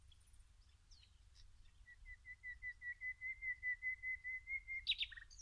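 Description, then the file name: Common nightingale song: a long series of pure whistled notes repeated quickly on one pitch, swelling louder, then ending in a sharp buzzy flourish. "Luscinia megarhynchos"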